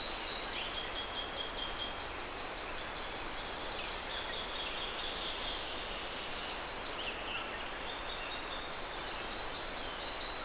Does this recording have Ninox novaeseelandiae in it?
no